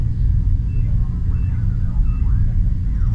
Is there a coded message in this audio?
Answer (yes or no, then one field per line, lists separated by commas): no